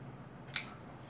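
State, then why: Seated. A folding knife is opened with its thumb flipper, and the blade swings out into its open lock. A single short, bright click at 0.6 s marks the lock engaging over a low steady hum. The blade is locked open and holds in place without moving.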